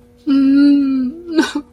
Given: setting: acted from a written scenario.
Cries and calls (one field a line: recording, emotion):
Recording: vocal sound without words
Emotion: guilt